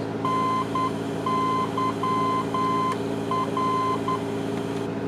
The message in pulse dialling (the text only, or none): none